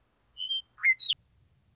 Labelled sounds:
Western Meadowlark (Sturnella neglecta)
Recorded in Sonoma County, California

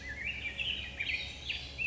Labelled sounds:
Black-headed Grosbeak (Pheucticus melanocephalus)
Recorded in Sonoma County, California

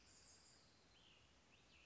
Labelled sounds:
Cassin's Vireo (Vireo cassinii)
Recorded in Sonoma County, California

